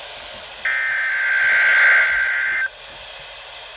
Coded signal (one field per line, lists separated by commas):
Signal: Emergency Alert System (SAME) tones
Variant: header bursts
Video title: EAS 186: PBZ issues Required Weekly Test (WWG53) (I'm back 😊)